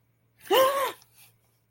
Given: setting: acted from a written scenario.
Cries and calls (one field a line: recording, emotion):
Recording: vocal sound without words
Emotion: fear